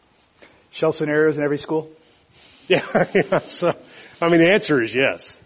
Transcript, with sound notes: Shell Scenarios in every school?
[Laughter] Yeah. So, I mean the answer is yes.